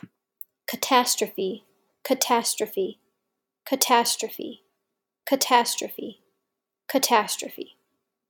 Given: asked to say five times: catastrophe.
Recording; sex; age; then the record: repeated word; female; 30 to 39 years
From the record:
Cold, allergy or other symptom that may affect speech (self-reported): no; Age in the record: 33 years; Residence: New York, United States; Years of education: 17